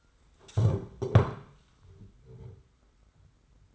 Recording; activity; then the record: daily activity, microphone in the room; stand up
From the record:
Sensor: 3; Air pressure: 991.6 hPa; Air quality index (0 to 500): 167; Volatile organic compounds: 1000 ppm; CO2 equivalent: 5516 ppm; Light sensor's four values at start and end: 34/97/40/34 and 35/99/40/34